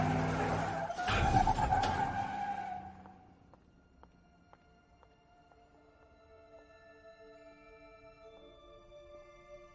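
A truck's tires skid with a loud, harsh screech lasting about three seconds, then fade into a quieter, steady tonal hum with faint, regular ticking, in an Arabic-dubbed scene from Megamind.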